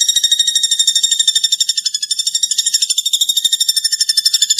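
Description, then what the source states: Bird trill: one continuous high, rattling series of quick, evenly spaced pulses, unbroken from start to finish. Masteran recording, used for training songbirds to learn song.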